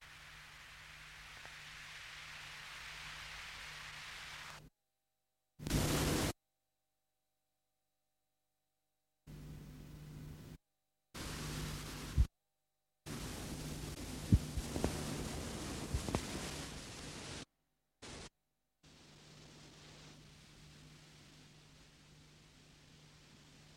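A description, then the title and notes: Experimental electronic tape loop of hissing noise over a steady low hum, chopped by abrupt dead silences. Bursts start and stop sharply, including a louder bright blast near six seconds and a dense stretch from thirteen to seventeen with faint clicks. Untitled No.3 recorded in one session 1999 in Düsseldorf, Germany silent experimental electronic music stereo tape recorder loop, DIY synthesizer, sine generator and a selection of pre recorded low frequency tape noises.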